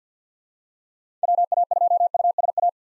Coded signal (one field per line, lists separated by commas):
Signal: Morse code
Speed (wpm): 50 wpm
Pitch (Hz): 700 Hz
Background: none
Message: WA2USA